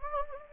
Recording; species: mosquito wingbeat signal from an infrared sensor; Anopheles gambiae